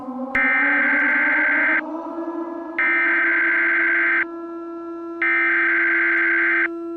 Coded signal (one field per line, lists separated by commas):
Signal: Emergency Alert System (SAME) tones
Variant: header bursts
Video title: EAS Scenario- The Sun Entity